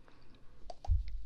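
Two brief sharp clicks in quick succession over low background rumble: an adult's knee joint clicking with movement.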